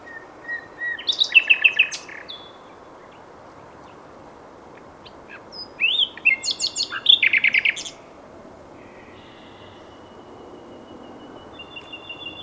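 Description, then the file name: Common nightingale song: two phrases, each a loud, rapid series of rattling notes, separated by a long silence, with faint thin whistles near the end. "Luscinia megarhynchos"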